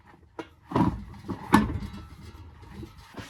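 A manual transmission's bellhousing is pushed onto the engine block and its dowels during a manual swap on an E36 M3. Dull handling knocks and scrapes are heard, with louder thumps around 0.8 s and 1.5 s. Nothing has seated yet by the end of the clip.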